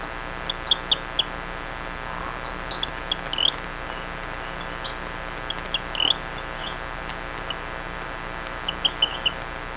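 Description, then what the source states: Rio Grande chirping frog calls: sharp, slightly upswept high chirps, some doubled, arriving in scattered bursts against a continuous hissing background with faint low hum. Recorded in Texas.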